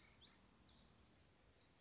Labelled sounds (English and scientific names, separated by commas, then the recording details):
Black-throated Gray Warbler (Setophaga nigrescens)
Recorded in Sonoma County, California